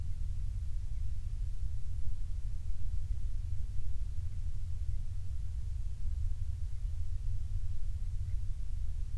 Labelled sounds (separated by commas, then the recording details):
bird
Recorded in the Prudhoe Bay oil fields, Alaska, on 12 July 2019 at 02:19
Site 16